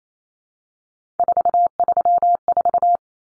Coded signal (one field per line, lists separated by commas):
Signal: Morse code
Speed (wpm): 28 wpm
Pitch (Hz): 700 Hz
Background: none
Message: 434